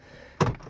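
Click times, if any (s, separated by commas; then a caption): 0.4 s. A plastic dash trim panel on a 2004–2008 Pontiac Grand Prix is lined up and pushed back into the dashboard after the instrument cluster work. After a quiet lead-in, a sharp, broadband snap sounds at 0.4 s, followed by a brief rattling tail and a faint tap near 0.7 s. The panel snaps right into place with no problems.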